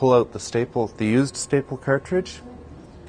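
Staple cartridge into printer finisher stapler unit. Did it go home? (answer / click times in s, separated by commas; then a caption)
no / none. A man talks while a used staple cartridge is removed from the stapler unit of a Xerox ColorQube printer finisher, with the new plastic staple cartridge next to go in. His voice fills most of the clip, then only low background noise remains near the end. Nothing has seated or clicked yet.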